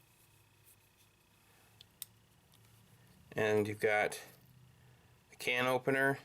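A release latch on the steel handle of a Leatherman Surge folding multitool is pressed to free the inner tools, such as the can opener and bit driver. It gives a sharp metallic click at 2.0 s, followed by someone talking. The latch clicks open and the tools are released.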